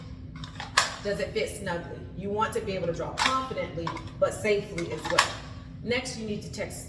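An unloaded handgun is pushed into an adjusted concealed-carry holster and snaps into retention with a sharp click at 0.8 s, seating in place. Someone talks before and after the click.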